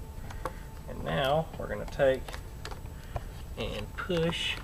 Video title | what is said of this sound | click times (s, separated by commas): Flex Jet Build. This Thing Is Awesome! | Push it in until it clicks. Hear the nice satisfying snap. | 0.3 s, 0.5 s